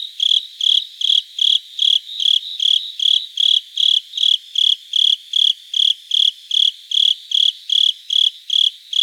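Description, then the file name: Japanese burrowing cricket giving steady bright chirps at an even pace, around 150 a minute. Recorded 26 September 2018. "Velarifictorus micado"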